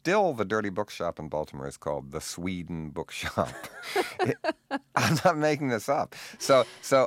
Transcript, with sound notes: still - the dirty bookshop in Baltimore is called the Sweden Bookshop. It...
(LAUGHTER)
I'm not making this up.